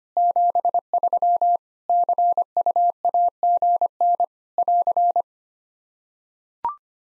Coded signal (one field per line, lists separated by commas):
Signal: Morse code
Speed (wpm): 25 wpm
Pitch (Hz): 700 Hz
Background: none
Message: 73 CUAGN <AR>